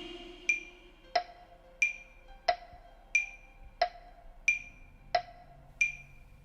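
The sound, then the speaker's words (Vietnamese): A wooden fish temple block knocks steadily, about ten hollow, resonant strikes at an even pace, alternating between a higher and a lower tone, with no voices. “Bài đồng dao vẫn còn chưa dứt, tiếng mõ gõ cứ lóc cóc vang lên, thì lại bất chợt có tiếng gọi.”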